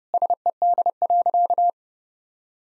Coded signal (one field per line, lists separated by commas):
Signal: Morse code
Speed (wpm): 30 wpm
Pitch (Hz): 700 Hz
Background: none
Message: SED.